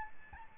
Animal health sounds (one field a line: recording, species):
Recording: mosquito wingbeat signal from an infrared sensor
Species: Aedes albopictus